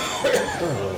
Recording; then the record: coughing mixed with background sound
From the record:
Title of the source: Mid-morning Winter Coughing Fit